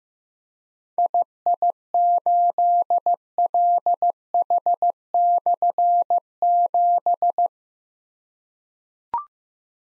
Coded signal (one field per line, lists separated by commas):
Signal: Morse code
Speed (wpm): 15 wpm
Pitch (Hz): 700 Hz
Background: none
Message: II8LH/7